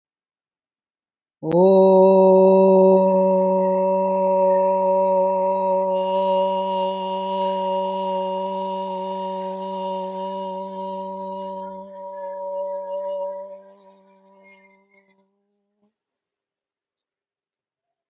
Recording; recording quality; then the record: sustained vowel as in boot; excellent, no background noise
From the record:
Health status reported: healthy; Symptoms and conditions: none ticked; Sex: male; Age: 53 years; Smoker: not ticked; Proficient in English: yes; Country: India